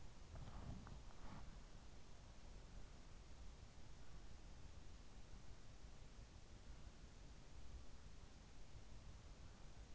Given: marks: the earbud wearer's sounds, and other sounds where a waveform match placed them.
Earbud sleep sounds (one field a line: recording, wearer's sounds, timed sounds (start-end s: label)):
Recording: sounds in sleep by an in-ear microphone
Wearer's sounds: body movement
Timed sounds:
0.00-1.97 s: body movement